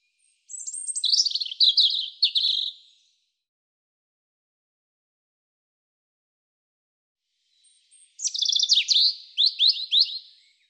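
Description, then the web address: European robin singing two short phrases about five seconds apart, each a rush of high, sparkling notes and quick trills. "cianscape birddata Deverinetal 2025 Bird Er Ru"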